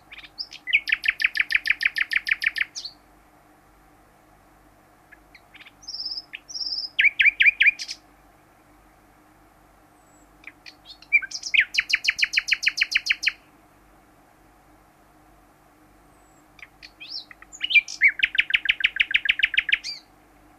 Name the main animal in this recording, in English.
Common Nightingale